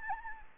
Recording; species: mosquito wingbeat signal from an infrared sensor; Anopheles gambiae